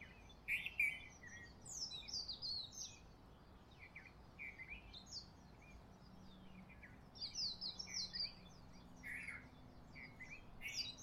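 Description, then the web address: Bird chirps: many quick high chirps and twitters tumbling over one another throughout, over steady low background noise. Recorded in Honolulu in the morning. "lynne-publishing Honolulu Morning Bird Close Up"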